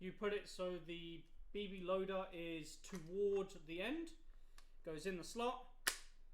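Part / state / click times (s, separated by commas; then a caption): airsoft shell magazine into shotgun magazine slot / seated / 5.9 s. Someone talks while sliding the unloaded plastic shell magazine, held by its two little finger grips, into the slot of an AG Shotgun N.003A airsoft shotgun with the BB loader end first. It snaps into place with a short, sharp click at 5.9 s, and the magazine is seated.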